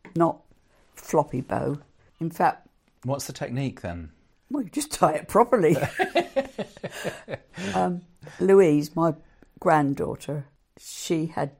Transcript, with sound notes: Not a floppy bow. In fact…
What’s the technique then?
Well you just tie it properly. (laughs) Louise, my granddaughter, she had